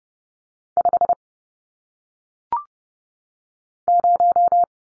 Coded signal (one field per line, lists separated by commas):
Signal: Morse code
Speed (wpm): 30 wpm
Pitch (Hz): 700 Hz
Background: none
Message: 5 0